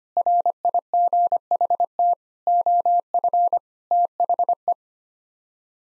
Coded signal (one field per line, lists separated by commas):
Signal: Morse code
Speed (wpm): 25 wpm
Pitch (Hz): 700 Hz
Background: none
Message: RIGHT OF THE